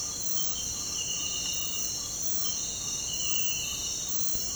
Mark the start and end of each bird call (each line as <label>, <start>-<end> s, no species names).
bird call, 0.00-4.55 s